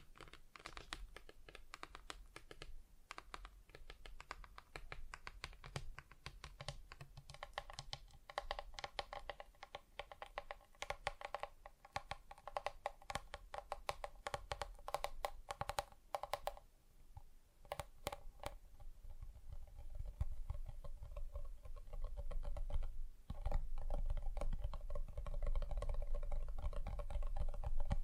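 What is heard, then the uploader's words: Fingers tap on different surfaces in quick, uneven bursts of sharp clicks, dense through most of the clip. A brief pause comes near seventeen seconds, then the tapping resumes, and a low rumble grows stronger and louder toward the end. ASMR Just Tapping (Different Surfaces No Talking).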